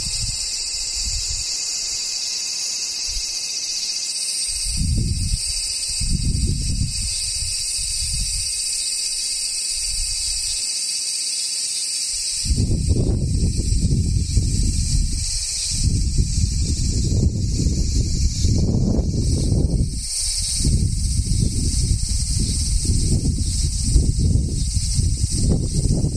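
Cicadas drone without a break, a thin, steady, high-pitched buzz with a brighter hiss above it that holds the same level throughout. Low rumbling gusts come and go underneath, brief at first around 5–10 seconds, then heavier and nearly constant after about 12 seconds.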